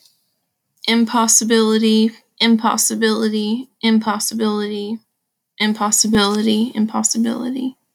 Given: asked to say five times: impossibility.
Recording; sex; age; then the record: repeated word; female; 20 to 29 years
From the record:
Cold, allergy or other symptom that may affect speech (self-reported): no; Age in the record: 22 years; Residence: Alabama, United States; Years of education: 12